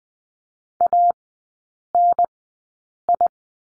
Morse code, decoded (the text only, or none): ANI